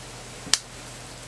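A side clip on a hair extension weft is pushed closed into the hair, giving a single sharp snap at 0.5 s over quiet background hiss. The clip snaps shut and the weft is seated.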